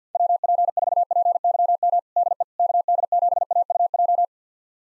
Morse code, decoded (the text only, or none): WP4PYM DE KD7AUJ